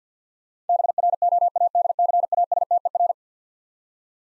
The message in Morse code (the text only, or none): BROADCASTER